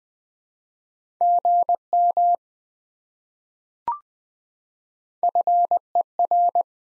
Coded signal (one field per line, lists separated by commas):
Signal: Morse code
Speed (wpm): 20 wpm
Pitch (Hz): 700 Hz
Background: none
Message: GM FER